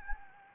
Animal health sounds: mosquito wingbeat signal from an infrared sensor; Anopheles gambiae

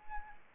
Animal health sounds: mosquito wingbeat signal from an infrared sensor; Anopheles arabiensis

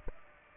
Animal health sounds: mosquito wingbeat signal from an infrared sensor; Aedes aegypti

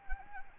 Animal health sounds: mosquito wingbeat signal from an infrared sensor; Anopheles gambiae

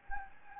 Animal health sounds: mosquito wingbeat signal from an infrared sensor; Anopheles gambiae

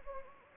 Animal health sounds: mosquito wingbeat signal from an infrared sensor; Anopheles gambiae

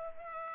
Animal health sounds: mosquito wingbeat signal from an infrared sensor; Culex pipiens

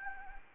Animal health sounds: mosquito wingbeat signal from an infrared sensor; Anopheles gambiae

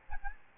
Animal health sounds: mosquito wingbeat signal from an infrared sensor; Aedes albopictus

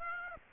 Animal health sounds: mosquito wingbeat signal from an infrared sensor; Aedes aegypti

